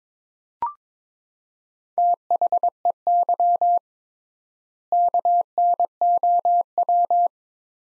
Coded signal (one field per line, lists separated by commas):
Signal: Morse code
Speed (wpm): 22 wpm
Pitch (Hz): 700 Hz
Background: none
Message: THEY KNOW